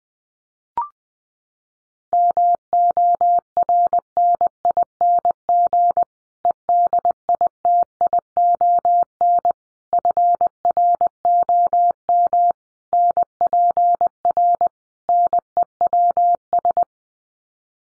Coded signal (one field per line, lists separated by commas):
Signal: Morse code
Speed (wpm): 20 wpm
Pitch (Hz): 700 Hz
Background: none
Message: MORNING EDITION FROM NPR NEWS